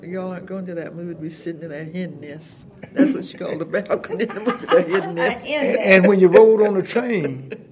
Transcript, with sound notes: “Y’all aren’t going to that movie to be sitting in that hen nest.” That’s what she called the balcony, the ‘hen nest’. (laughter)
…the ‘hen nest’….
And when you rode on a train,